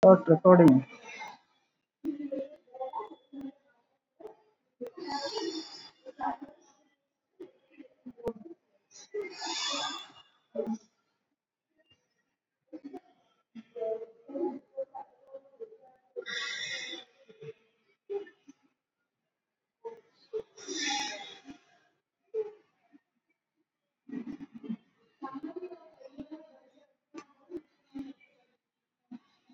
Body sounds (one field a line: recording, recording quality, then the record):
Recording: shallow breathing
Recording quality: excellent, no background noise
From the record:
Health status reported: COVID-19 positive, mild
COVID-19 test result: positive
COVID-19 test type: RT-PCR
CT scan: not taken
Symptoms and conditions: cough, cold, breathing difficulty, fever, fatigue, loss of smell and taste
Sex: male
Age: 35 years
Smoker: no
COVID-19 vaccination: none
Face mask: worn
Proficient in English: yes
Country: India